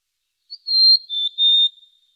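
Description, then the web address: Bird song: a brief high pip, then three level whistled notes, the last two slightly lower than the first, in a quiet background. Birds singing at night in the mountains in calm weather. "le chant des oiseaux la nuit dans les montagnes par temps calme"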